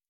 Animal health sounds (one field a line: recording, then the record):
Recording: hydrophone in a shrimp aquaculture tank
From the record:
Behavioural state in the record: feeding